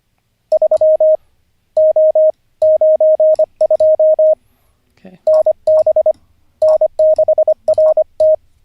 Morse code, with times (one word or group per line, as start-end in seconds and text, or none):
0.5-1.2 3
1.8-2.3 O
2.6-4.3 92
5.3-6.1 NB
6.6-8.3 N6RT